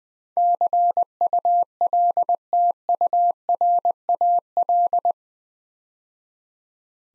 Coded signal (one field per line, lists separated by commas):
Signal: Morse code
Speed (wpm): 21 wpm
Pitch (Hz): 700 Hz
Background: none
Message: CULTURAL